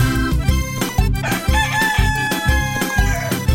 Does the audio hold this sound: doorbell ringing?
no